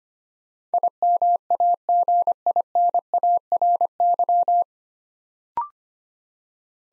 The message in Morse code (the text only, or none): IMAGINARY